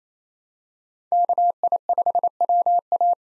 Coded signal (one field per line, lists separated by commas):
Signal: Morse code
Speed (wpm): 28 wpm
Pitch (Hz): 700 Hz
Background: none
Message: KI5WA